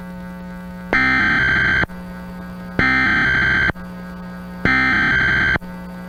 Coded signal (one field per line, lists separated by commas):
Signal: Emergency Alert System (SAME) tones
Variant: header bursts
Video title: All EAS Alerts by year part 1